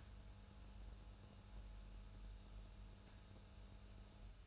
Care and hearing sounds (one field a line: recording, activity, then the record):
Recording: daily activity, microphone in the room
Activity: make coffee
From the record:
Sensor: 2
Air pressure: 994.4 hPa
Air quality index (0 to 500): 210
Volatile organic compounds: 1000 ppm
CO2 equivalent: 6942 ppm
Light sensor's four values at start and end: 137/328/138/143 and 142/338/143/148